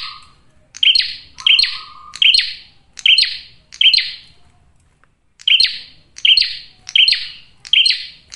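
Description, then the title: Prinia giving repeated shrill chirps with short buzzy tails, pausing briefly midway before resuming the same even rhythm. Male prenjak singing loudly and clearly in a tight series; used as a trapping lure (pikat) and to attract females (pancingan betina). "Masteran Duet Cililin Vs Kapas Tembak. PRENJAK JANTAN GACOR SUARA JERNIH, RAPET. " COCOK UNTUK PIKAT MAUPUN PANCINGAN BETINA ""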